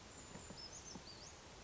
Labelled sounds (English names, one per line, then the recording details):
Brown Creeper
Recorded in Sonoma County, California